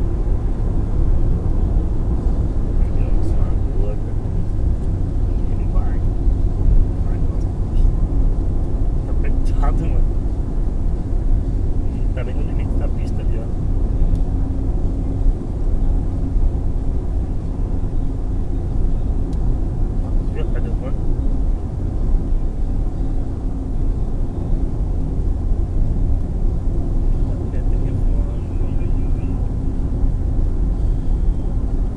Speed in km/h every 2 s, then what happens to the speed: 90, 88, 85, 83, 81, 81, 80, 77, 76, 76, 76, 77, 77, 76, 74, 74.
0-14 slows to 77. 14-32 steady at about 76.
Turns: none.